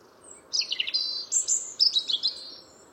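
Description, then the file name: European robin singing a rapid, glittering, high phrase with fluttering notes and sudden pitch changes. "Erithacus rubecula"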